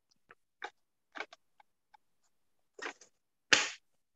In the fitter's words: hear that snap yeah okay now grab it and shake it